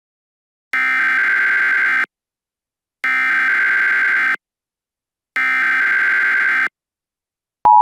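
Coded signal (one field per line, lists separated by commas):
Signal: Emergency Alert System (SAME) tones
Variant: header bursts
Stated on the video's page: Fictional Emergency Alert System scenario made as a prank, not a real broadcast.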